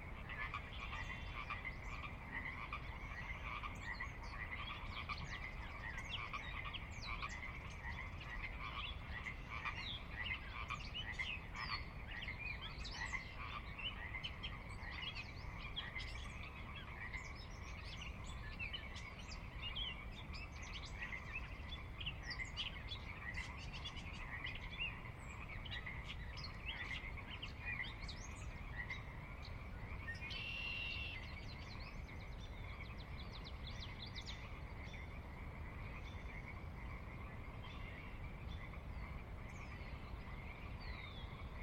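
Dusk in a valley brings a dense, steady chorus of croaking frogs, with scattered bird chirps above and a low rumble underneath throughout.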